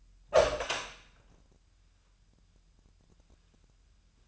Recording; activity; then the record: daily activity, microphone in the room; open door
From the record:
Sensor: 2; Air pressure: 998.3 hPa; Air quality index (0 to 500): 138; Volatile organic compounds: 4 ppm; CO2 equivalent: 1564 ppm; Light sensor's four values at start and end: 12/35/14/14 and 12/35/14/14